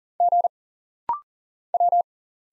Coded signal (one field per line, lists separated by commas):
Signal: Morse code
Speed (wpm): 40 wpm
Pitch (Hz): 700 Hz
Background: none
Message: G W